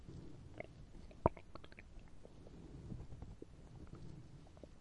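Low, continuous rumbling with scattered gurgles and one sharp squelching pop early on. These are bowel sounds, the ordinary growling of an empty stomach from hunger.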